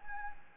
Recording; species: mosquito wingbeat signal from an infrared sensor; Anopheles gambiae